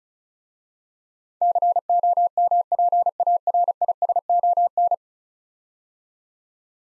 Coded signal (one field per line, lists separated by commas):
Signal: Morse code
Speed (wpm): 36 wpm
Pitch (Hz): 700 Hz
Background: none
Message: COMPARISON